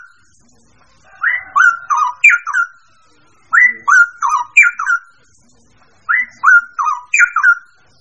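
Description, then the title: Bird whistling a bright phrase of four or five falling and rising notes, repeated three times about every two and a half seconds in otherwise quiet surroundings. Mixed birds. "manuk campur"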